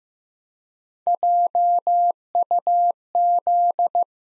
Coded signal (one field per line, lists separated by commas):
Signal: Morse code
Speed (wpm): 15 wpm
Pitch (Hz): 700 Hz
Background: none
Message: JUZ